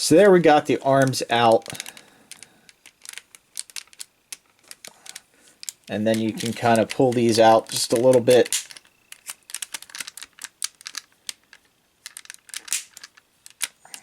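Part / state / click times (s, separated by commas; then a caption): robot figure arm section in shoulder joint / released / 11.3 s. Someone talks while pulling the plastic arm sections of a Fans Toys FT-29 Quietus transforming robot figure outward at the shoulder joints during transformation, with small sharp plastic clicks and handling sounds throughout. The arm section clicks out of its shoulder joint at 11.3 s and is released.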